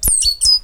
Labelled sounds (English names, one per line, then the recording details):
Stitchbird song
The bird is a male
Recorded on Tiritiri Matangi Island, New Zealand, in 2005
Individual 18, of nest box 26